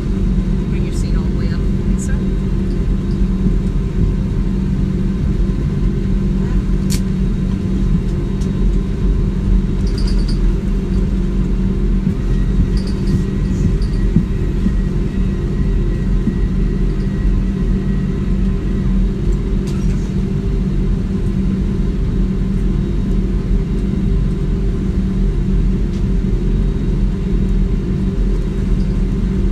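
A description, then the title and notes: Takeoff at JFK: a heavy, steady low roar fills the whole recording at an even level, with no build or fade. A faint thin tone runs from about 12 to 19 seconds, and a few brief clicks and ticks appear near 7, 10, 14 and 20 seconds. Takeoff at JFK.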